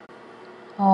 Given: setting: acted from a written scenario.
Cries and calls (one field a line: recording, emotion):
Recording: vocal sound without words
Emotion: serenity